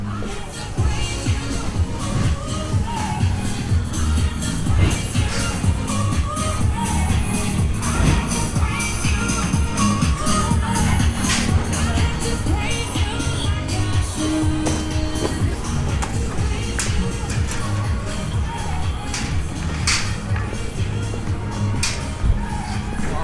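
A walk through the old city of York, full of the steady murmur of many voices talking at once. Footsteps and small taps and shuffles break through now and then, with a brief tone near the fifteen-second mark, and the level stays even throughout.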